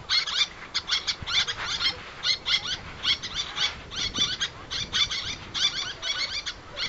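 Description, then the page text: Little tern calls, clusters of sharp high chips repeated in quick rhythmic bursts, almost nothing in the low range. "Albert Lastukhin - Малая крачка (Sterna albifrons)"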